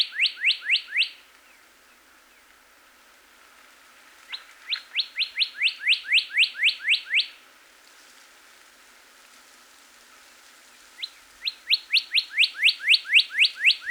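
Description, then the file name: Northern cardinal song: fast series of steep upward-slurred whistles, repeated quickly in three phrases with short silences between. Recorded 26 April 2019. "2019-04-26 Cardinal"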